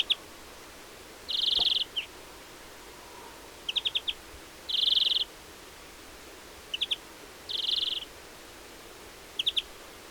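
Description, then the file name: European greenfinch calls: three dense wheezy buzzes alternating with short bursts of quick high notes. "Chloris chloris"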